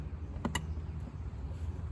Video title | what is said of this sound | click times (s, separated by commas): Replace Front Door Panel. Infiniti QX70 FX50 FX35 FX37 | It's weak, but it clicked. | 0.6 s